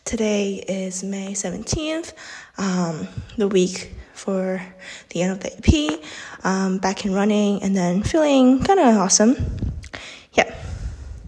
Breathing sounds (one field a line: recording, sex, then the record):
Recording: free speech after running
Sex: female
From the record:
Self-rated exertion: moderate exertion (3 of 6)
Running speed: 5 miles an hour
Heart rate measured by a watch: 125 beats a minute at the start, 123 at the end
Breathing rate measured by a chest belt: 17 breaths a minute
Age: 18 years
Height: 171 cm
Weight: 75 kg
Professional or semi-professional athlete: no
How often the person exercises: 1 to 2 times a week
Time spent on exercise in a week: under 1 hour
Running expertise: no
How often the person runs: 1 to 2 times a week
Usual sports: running, fencing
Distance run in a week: 3 km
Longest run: 21.3 km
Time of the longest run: 190 minutes